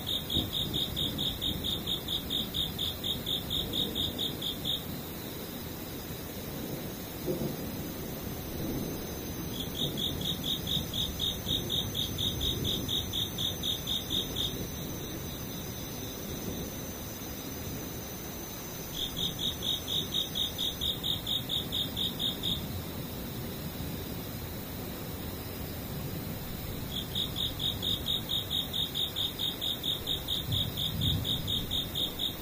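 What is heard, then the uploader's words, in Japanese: Insects, likely cicadas, trill in bright pulsing bursts that last about five seconds, returning roughly every ten seconds with a thin high whine between them. Underneath, a steady low rumbling wash continues throughout without a break. 雨ムシセミ無音。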